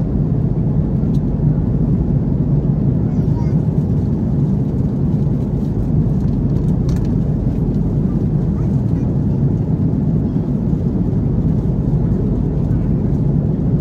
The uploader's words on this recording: FULL FLIGHT - Airbus A330 Palma to Frankfurt (Condor).